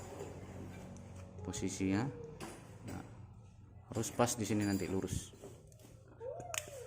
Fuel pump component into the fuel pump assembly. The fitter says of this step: Oke, itu ya, udah terkunci.